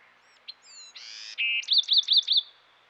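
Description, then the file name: Bewick's wren delivering a varied phrase: sharp high notes, a harsh buzzy burst, a steady tone, then a few rapid repeated notes. "dan gibsons solitudes bewicks wren"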